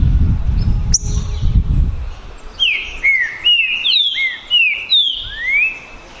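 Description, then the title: Green-winged saltator song: after a sharp click and low rumbling, a series of ringing, falling whistled notes ends in one long rising slur. Birds in a song contest, 2022 season, singing and showing male competitive behaviour; contestants named Naval and Demolidor. "DISPUTA DE TRINCA FERRO PERFEITA!! NAVAL VS DEMOLIDOR 2022! TEMPORADA 2022!"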